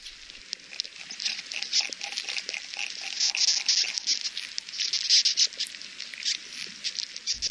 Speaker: And the clicking are the sound of bark beetles.